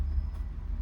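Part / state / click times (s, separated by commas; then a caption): airbag module into steering wheel / not seated / none. An airbag module is pressed into a steering wheel, but nothing has seated or clicked yet. A steady low rumble fills the clip with no distinct sudden sounds.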